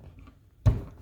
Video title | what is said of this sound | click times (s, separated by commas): DIODE DYNAMICS SMOKED LED SIDE MARKER INSTALL! MUST HAVE MOD FOR A 2015+ MUSTANGS!! | You'll hear the little click. | 0.7 s